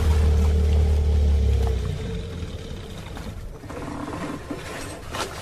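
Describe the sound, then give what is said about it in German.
A boat engine drones with a deep, steady rumble as the boat is being stopped, then winds down after a couple of seconds, its low throb fading into quieter mechanical clatter and lapping noise. “Peter sagt, du sollst das Boot stoppen. Sofort!”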